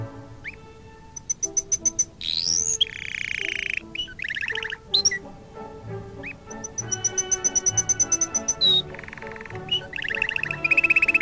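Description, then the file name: Canary song of varied phrases: chirps, high pip series, sweeping whistles and buzzy trills, repeated over quiet background music. Canary song mixed with music. "suara kenari dan musik"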